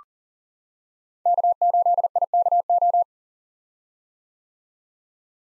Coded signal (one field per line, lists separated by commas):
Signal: Morse code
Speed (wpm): 38 wpm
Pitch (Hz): 700 Hz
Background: none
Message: K8IKO